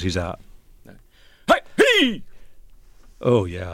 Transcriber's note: shouting